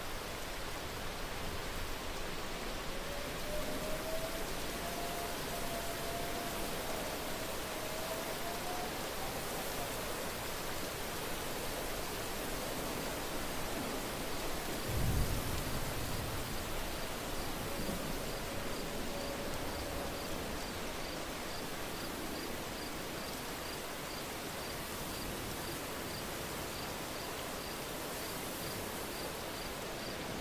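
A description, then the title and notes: Steady, dense nighttime rain hisses throughout, with a brief low rumble of thunder near the middle and faint rhythmic high ticking later. Thunder during the Night with rain - Bruges, Belgium.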